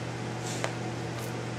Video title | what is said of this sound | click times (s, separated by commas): Making a Vinyl Knife Sheath Part 8 of 8 | area snapped into place that time | 0.6 s